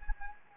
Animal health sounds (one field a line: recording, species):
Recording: mosquito wingbeat signal from an infrared sensor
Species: Anopheles gambiae